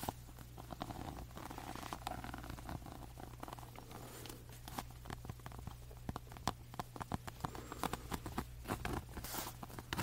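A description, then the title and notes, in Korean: Scratching and tapping on a lamp: dense, irregular sharp clicks throughout, growing busier after the midpoint, over a steady low hum. 조명 스크래칭 , 탭핑.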